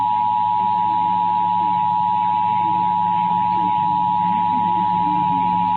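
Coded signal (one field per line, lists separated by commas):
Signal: Emergency Alert System (SAME) tones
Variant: 853 and 960 Hz attention tone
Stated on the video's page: Nintendo Switch logo parody in EAS style.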